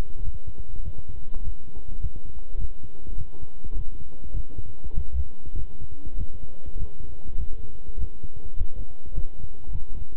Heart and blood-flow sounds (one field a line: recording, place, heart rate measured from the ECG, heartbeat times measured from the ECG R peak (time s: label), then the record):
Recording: heart sounds by stethoscope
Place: between the tricuspid and mitral areas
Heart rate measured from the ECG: 101 bpm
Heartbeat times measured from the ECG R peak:
0.22 s: heartbeat
0.83 s: heartbeat
1.42 s: heartbeat
1.99 s: heartbeat
2.57 s: heartbeat
3.15 s: heartbeat
3.74 s: heartbeat
4.32 s: heartbeat
4.93 s: heartbeat
5.54 s: heartbeat
6.16 s: heartbeat
6.77 s: heartbeat
7.37 s: heartbeat
7.98 s: heartbeat
8.56 s: heartbeat
9.13 s: heartbeat
9.70 s: heartbeat
From the record:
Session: walking at 3.7 km/h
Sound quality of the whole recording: good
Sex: male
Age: 26 years